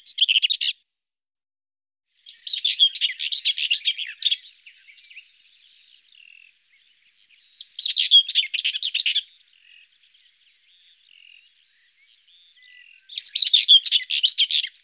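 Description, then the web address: Common whitethroat singing brief, scratchy, hurried warbles of about one to two seconds, several phrases separated by pauses, with faint thin notes in between. "IVN Zangvogels. Grasmus"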